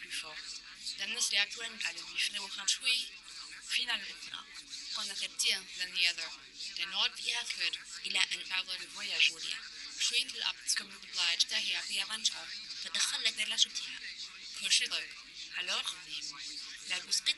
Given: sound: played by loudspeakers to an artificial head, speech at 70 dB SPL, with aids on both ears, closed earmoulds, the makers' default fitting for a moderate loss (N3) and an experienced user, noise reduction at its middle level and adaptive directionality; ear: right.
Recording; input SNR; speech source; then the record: speech test signal (ISTS) in cocktail-party noise; +3 dB; on the right (90 degrees)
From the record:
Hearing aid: class 2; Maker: H